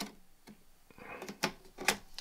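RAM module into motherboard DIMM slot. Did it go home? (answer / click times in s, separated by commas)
no / none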